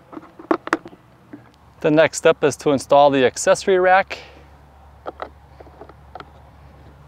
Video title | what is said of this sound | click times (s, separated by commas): Powerful Cleaning Made Easy: WHOLESUN Electric Pressure Washer Review and Test | they just snap into place line them up with the hole on the side of your pressure washer and push down firmly | 0.5 s, 0.7 s